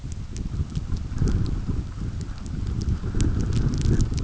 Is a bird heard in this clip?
no